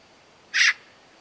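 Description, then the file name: Eurasian magpie giving a single harsh, rasping squawk, short and noisy, in an otherwise quiet setting. "Pica pica"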